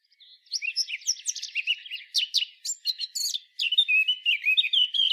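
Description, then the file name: Eurasian blackcap in a rapid, chattering warble of varied high notes, broken by one brief pause before continuing just as busily. "Sylvia atricapilla"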